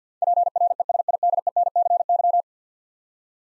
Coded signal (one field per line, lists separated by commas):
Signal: Morse code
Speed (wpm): 47 wpm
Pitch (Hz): 700 Hz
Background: none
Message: PRESIDENCY